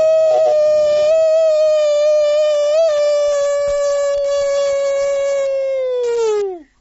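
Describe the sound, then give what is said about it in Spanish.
A person imitates a howl with one long, loud, steady wail held for about six seconds, its pitch sagging and trailing off at the very end. No other sounds accompany it. “Aullido. ¿Vos decís?”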